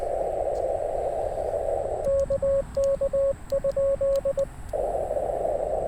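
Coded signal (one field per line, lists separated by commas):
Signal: Morse code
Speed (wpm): 19 wpm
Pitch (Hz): 550 Hz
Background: radio noise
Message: KK?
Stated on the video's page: CW park activation with heavy noise, possibly from speaker or charge controller, and poor band conditions.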